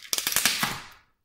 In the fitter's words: Then you go to the other side, get its pop.